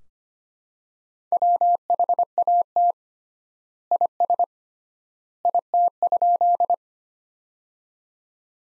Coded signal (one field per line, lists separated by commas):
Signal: Morse code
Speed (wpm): 25 wpm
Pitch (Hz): 700 Hz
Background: none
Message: WHAT IS IT?